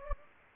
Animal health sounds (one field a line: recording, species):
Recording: mosquito wingbeat signal from an infrared sensor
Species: Anopheles gambiae